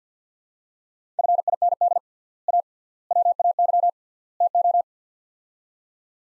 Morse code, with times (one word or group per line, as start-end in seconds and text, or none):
1.2-2.0 FIND
2.5-2.6 A
3.1-3.9 WAY
4.4-4.8 TO